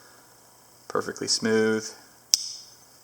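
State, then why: Seated. Someone talks briefly, then a slip-joint pocket knife blade is closed into its bone handle. It snaps shut under spring tension with a sharp click at 2.3 s, closing easily and smoothly.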